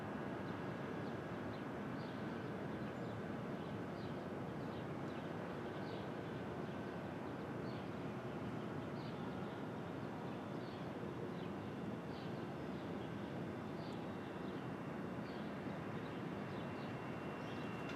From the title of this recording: Brooklyn Dawn